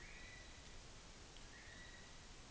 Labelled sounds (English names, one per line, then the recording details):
North Island Brown Kiwi male call
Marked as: faintness 3/5
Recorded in New Zealand on 16 June 2014
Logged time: 02:19